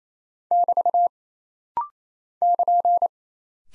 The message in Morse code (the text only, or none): <BT> <KN>